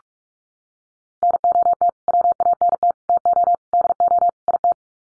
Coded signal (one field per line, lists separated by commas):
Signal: Morse code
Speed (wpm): 47 wpm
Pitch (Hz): 700 Hz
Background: none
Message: NOT WANT TO DO IT